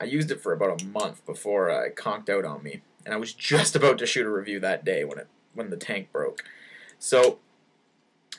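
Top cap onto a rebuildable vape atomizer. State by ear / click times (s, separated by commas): seated / 8.3 s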